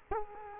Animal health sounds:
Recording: mosquito wingbeat signal from an infrared sensor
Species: Culex quinquefasciatus

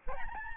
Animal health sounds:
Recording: mosquito wingbeat signal from an infrared sensor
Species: Aedes albopictus

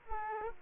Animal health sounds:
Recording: mosquito wingbeat signal from an infrared sensor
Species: Aedes aegypti

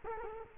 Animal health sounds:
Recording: mosquito wingbeat signal from an infrared sensor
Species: Culex quinquefasciatus

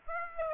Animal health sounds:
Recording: mosquito wingbeat signal from an infrared sensor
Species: Aedes aegypti

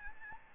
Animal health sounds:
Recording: mosquito wingbeat signal from an infrared sensor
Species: Aedes albopictus

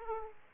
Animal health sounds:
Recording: mosquito wingbeat signal from an infrared sensor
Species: Aedes aegypti

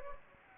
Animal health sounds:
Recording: mosquito wingbeat signal from an infrared sensor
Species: Anopheles gambiae

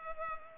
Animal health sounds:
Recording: mosquito wingbeat signal from an infrared sensor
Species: Culex pipiens

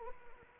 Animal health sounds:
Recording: mosquito wingbeat signal from an infrared sensor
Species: Anopheles arabiensis

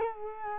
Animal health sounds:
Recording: mosquito wingbeat signal from an infrared sensor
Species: Culex quinquefasciatus

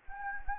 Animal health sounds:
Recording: mosquito wingbeat signal from an infrared sensor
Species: Anopheles gambiae

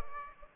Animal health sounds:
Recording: mosquito wingbeat signal from an infrared sensor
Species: Aedes aegypti

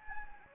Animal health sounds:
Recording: mosquito wingbeat signal from an infrared sensor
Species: Anopheles gambiae

